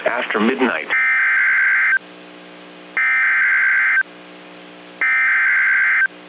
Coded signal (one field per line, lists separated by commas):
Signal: Emergency Alert System (SAME) tones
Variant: header bursts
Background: speech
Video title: Severe Weather Outbreak! - EAS Alert Compilation from 3/2/2023 (PDS SVRs, Triple-Headers and More)